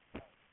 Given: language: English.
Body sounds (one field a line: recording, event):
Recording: throat vibration sensor signal played as sound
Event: cough